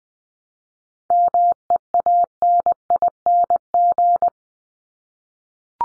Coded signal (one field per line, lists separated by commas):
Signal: Morse code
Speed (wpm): 20 wpm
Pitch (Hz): 700 Hz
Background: none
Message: MEANING